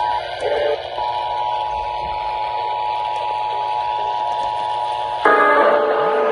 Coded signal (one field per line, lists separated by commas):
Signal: Emergency Alert System (SAME) tones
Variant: 853 and 960 Hz attention tone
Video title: I FREAK KUHT I FOUND TV RADIO... EAS Alerts From 4/20/25 - 4/21/25 (EAS#3,365 - #3,411)